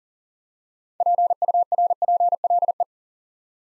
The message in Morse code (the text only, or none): PURPLE